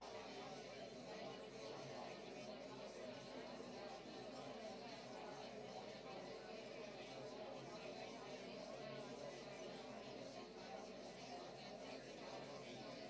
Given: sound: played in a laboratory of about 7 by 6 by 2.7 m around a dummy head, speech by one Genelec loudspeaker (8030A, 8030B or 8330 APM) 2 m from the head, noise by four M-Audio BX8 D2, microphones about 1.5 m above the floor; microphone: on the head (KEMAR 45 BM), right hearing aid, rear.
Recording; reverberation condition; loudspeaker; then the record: babble noise; low; four, about 170 cm from the corners of the room and facing them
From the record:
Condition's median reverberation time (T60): about 310 ms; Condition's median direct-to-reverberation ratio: about 3.5 dB